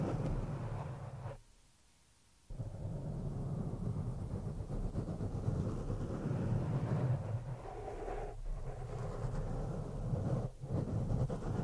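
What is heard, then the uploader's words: Rough, dense scratching on the microphone with no talking, a steady low rumbling scrape that fills most of the clip. Near the start it cuts out completely for about a second, then returns, with brief dips near eight and ten and a half seconds. ASMR PURE SCRATCHING ON THE MICROPHONE NO TALKING.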